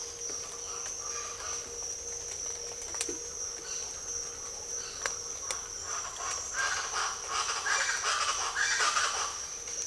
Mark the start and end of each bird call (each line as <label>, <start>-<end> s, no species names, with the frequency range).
bird call (0.8-6.0 kHz), 0.27-1.73 s
bird call (1.2-5.1 kHz), 3.42-4.03 s
bird call (0.8-5.1 kHz), 4.74-5.17 s
bird call (1.0-6.1 kHz), 5.80-9.35 s